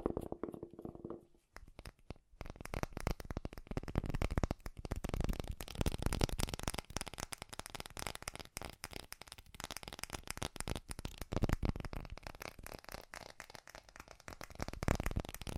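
Fast ASMR tapping: after a quiet start with a faint low hum in the first second or so, a dense, rapid stream of crisp taps begins around two seconds and keeps going without a break. It swells in places, like a rustling flutter of fingertips.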